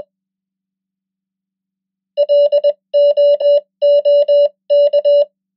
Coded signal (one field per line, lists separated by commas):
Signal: Morse code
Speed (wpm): 21 wpm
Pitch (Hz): 580 Hz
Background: none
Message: LOOK